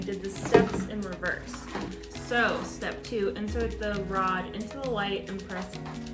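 A support rod is handled at the white plastic base of a QYO hydroponics system, with someone talking over background music. Nothing has seated or clicked yet.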